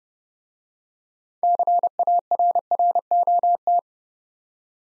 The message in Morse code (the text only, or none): CARROT